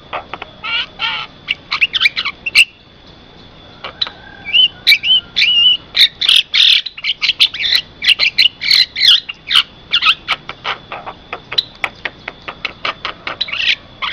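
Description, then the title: Javan myna calls: busy stream of harsh chirps, clicks and short squawks, roughly three per second. Very noisy calls offered as a tutor recording for training other songbirds. "Jalak Kebo Master Suara Super Berisik Buat Masteran"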